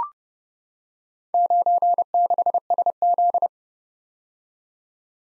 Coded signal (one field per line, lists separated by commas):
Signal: Morse code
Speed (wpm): 30 wpm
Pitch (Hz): 700 Hz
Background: none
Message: 96SZ